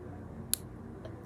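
A toy figure's head is placed into its opened plastic helmet and snaps in with a single sharp, bright click at 0.5 s. A much fainter tick follows around 1.0 s over low background noise, and the head is seated in the helmet.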